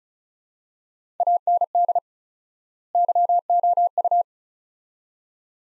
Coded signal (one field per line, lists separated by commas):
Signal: Morse code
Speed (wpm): 36 wpm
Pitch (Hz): 700 Hz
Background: none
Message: AND YOU